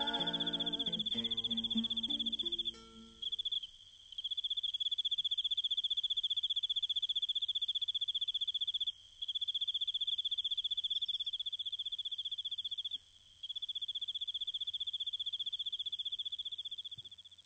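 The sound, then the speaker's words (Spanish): Crickets chirp at night under moonlight in a steady, high-pitched trill that runs almost unbroken, pausing briefly a few times, after a short burst of lower tonal sound fades out at the start. “He puesto una sombrilla bajo la luz de la luna y mientras escucho a los grillos, te escucho a ti también.”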